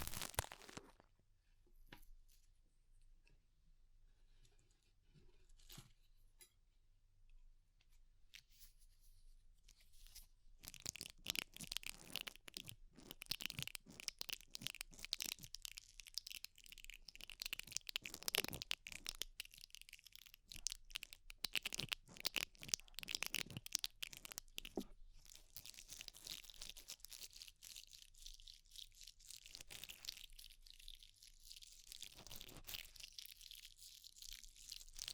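Ear cleaning with rhinestones and clay being pulled away: the first ten seconds are nearly silent apart from a low hum and a few faint clicks. Then dense, bright crunching and crinkling bursts start, coming in waves with short pauses through the end.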